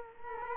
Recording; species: mosquito wingbeat signal from an infrared sensor; Culex quinquefasciatus